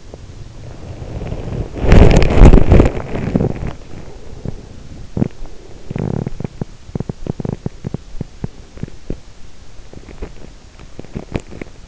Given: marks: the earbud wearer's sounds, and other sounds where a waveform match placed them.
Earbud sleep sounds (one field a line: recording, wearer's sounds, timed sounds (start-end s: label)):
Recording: sounds in sleep by an in-ear microphone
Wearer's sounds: body movement, teeth grinding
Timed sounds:
0.00-4.62 s: body movement
4.89-9.64 s: body movement
9.83-11.88 s: teeth grinding